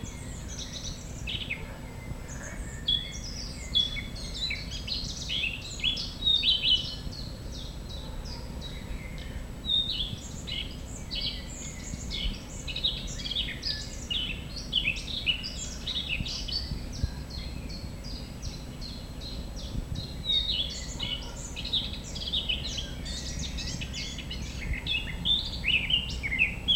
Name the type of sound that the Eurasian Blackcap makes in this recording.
song